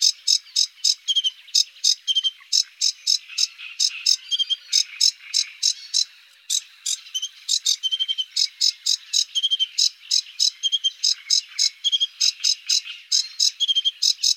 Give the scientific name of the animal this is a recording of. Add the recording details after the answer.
Acrocephalus schoenobaenus. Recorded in the wild. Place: Hortobagy Nationalpark / Fischteiche, HU. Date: 1990-05-21. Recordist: Schwarz, Dieter. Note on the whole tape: Song